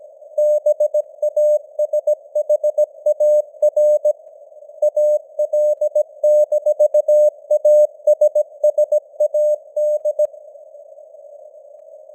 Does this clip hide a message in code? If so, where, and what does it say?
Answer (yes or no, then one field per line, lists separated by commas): yes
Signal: Morse code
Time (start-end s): 0.4-10.3 s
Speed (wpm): 17 wpm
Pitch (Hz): 600 Hz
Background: none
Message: BASHAR AL-ASSAD